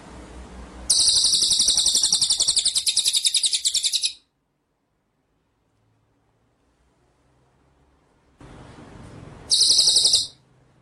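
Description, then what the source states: White-rumped shama singing a long, high, buzzy trill that stops abruptly; after silence a short repeat of the same trill follows. Masteran (training) song; full ngerol and nembak song styles.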